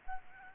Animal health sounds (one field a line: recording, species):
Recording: mosquito wingbeat signal from an infrared sensor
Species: Aedes albopictus